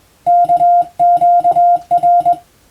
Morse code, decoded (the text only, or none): KQR